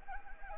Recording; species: mosquito wingbeat signal from an infrared sensor; Anopheles arabiensis